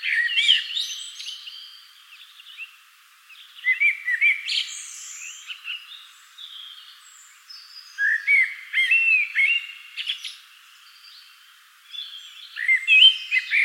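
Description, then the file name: Common blackbird song, repeated phrases every few seconds, each with low fluty whistles trailing into squeaky, chattering notes. "Turdus merula"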